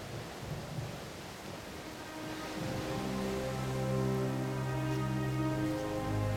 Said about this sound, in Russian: Ревела буря, дождь шумел. Во мраке молнии летали, беспрерывно гром гремел, и ветры в дебрях бушевали.